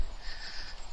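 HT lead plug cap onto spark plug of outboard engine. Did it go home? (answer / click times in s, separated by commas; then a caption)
no / none. A rubber HT lead cap is handled at a spark plug tip on a Yamaha 8hp outboard engine after the plugs have been tightened, producing a steady low rustling with broad hiss and no distinct transients. Nothing has seated or clicked yet; the cap is not yet home.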